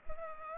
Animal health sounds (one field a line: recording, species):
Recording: mosquito wingbeat signal from an infrared sensor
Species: Culex pipiens